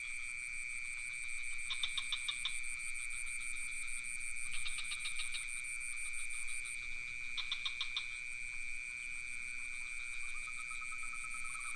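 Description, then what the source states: Continuous high cricket trilling runs throughout. Three short bursts of rapid pulsed calls, likely frogs, break in, and a lower tone starts near the end. Crickets with some frogs, recorded near a pond in Ubud with a Sony PCM D50 recorder and Rode NT4 microphone.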